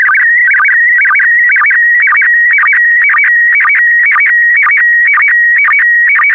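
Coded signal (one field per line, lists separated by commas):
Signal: SSTV (slow-scan television)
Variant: PD120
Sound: steady whistling tone with rapid warbling chirps and low blips twice a second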